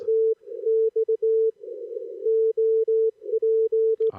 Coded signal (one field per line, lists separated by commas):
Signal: Morse code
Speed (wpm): 18 wpm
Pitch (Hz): 440 Hz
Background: none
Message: TX OP